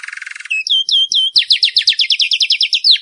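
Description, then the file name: Canary song: a brief buzzy trill, then a rapid run of bright, down-slurred repeated notes. "Canary_bird"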